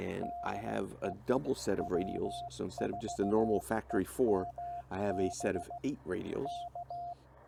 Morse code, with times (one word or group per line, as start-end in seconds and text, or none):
0.2-1.1 DE
1.8-5.8 W4EMB
6.4-7.1 K